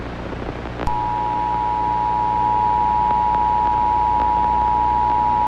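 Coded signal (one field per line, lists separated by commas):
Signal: Emergency Alert System (SAME) tones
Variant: 853 and 960 Hz attention tone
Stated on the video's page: Fictional emergency broadcast mock.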